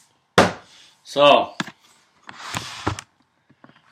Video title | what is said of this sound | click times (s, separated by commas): Cordless Carpenter workbench build #34 - Front wedge system... CHECK. | they snap right into place | 0.4 s